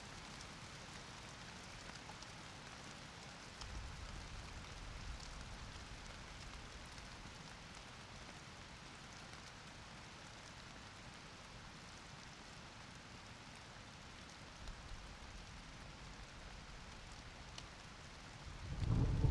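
Steady, dense rush of rain and swollen torrential streams at night, with low rumbling swells near four and fifteen seconds and a loud thump at the end.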